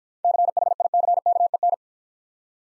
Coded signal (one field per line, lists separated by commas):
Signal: Morse code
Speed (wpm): 50 wpm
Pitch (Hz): 700 Hz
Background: none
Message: CHICKEN